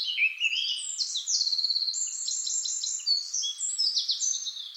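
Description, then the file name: Eurasian blackcap song: a continuous, fast, scratchy warble of varied high notes with brief clearer whistled phrases, rising and falling without pause. "Sylvia atricapilla"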